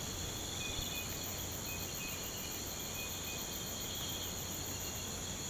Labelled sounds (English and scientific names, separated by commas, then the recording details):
none
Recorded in pastures near Puerto Asís, Putumayo, Colombia, on 19 March 2025 at 05:30
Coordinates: 0.472, -76.329
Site G074